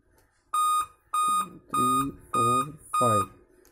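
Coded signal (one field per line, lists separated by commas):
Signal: beep code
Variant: Dell laptop BIOS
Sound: five short, evenly spaced high beeps while a man talks over them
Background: man speaking Hindi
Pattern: 5 short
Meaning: Five beeps signal a real-time clock or CMOS battery failure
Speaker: अगर काउंट करेंगे तो देखिए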